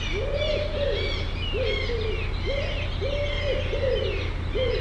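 Bird calling with drawn-out, flat-topped cooing notes, while higher twittering birds chirp in the background and a constant low hum runs beneath.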